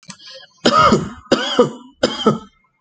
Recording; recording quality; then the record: heavy voluntary cough; excellent, no background noise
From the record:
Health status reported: healthy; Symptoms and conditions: sore throat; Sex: male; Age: 30 years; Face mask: not worn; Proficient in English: yes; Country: India